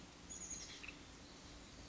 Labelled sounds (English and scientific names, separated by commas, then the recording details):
Chestnut-backed Chickadee (Poecile rufescens)
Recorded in Sonoma County, California